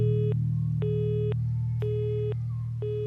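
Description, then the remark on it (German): A telephone line tone repeats in even on-off beeps, four steady tones about half a second each, over a constant low electrical hum, on a phone that seems broken while someone tries to call friends. “Ich versuchte, Freunde anzurufen. Aber mein Telefon schien kaputt zu sein.”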